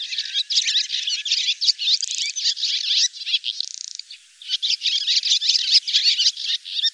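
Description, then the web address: Barn swallow chatter of quick high twitters, broken by a buzzy rattle around two seconds and another near four seconds, then the busy twittering resumes. "cianscape birddata Deverinetal 2025"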